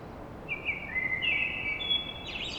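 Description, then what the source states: Common blackbird singing a continuous warbling phrase of fluted notes that ends in a high, squeaky flourish, with faint hiss behind. Blackbird song at dawn in Paris.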